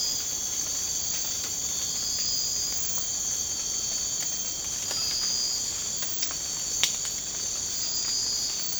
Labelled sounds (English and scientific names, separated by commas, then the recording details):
none
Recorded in secondary vegetation near Puerto Asís, Putumayo, Colombia, on 19 March 2025 at 03:00
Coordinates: 0.485, -76.322
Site G040